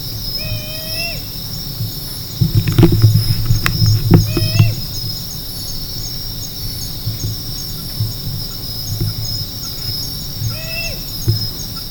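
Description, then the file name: Northern boobook: owl song, three hoots, one near the start, one in the middle and one near the end, over a steady high insect drone, with some low thumping noise midway. "aobazuku"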